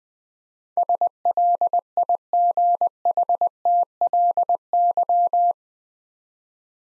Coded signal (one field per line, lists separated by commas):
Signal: Morse code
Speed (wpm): 20 wpm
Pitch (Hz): 700 Hz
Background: none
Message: SLIGHTLY